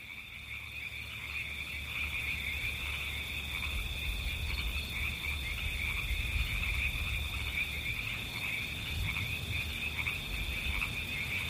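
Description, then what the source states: Frogs calling in short, faint pulses in quick succession beneath a steady hiss of white noise and a low rumble. River frogs.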